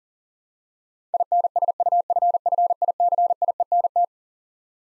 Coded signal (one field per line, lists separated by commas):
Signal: Morse code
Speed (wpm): 40 wpm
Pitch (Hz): 700 Hz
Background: none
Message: INSUFFICIENT